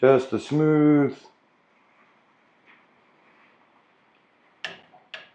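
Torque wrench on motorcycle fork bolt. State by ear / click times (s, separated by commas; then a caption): torque reached / 4.6 s, 5.1 s. Someone talks, then a click-type torque wrench is drawn with a smooth, controlled pull on a motorcycle fork component bolt. After a quiet stretch, sharp clicks come at 4.6 s and 5.1 s as the wrench confirms it has reached its torque setting.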